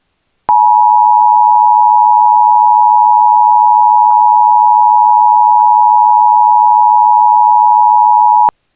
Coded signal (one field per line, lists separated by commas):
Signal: Emergency Alert System (SAME) tones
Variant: 853 and 960 Hz attention tone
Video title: EAS | Laboratory Incident in Lake Charles, Louisiana